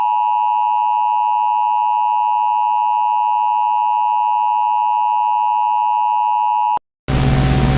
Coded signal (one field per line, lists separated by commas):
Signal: Emergency Alert System (SAME) tones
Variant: 853 and 960 Hz attention tone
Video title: EAS Recreation: Flash Flood warning for North Central and Central MO, 1/4/2005.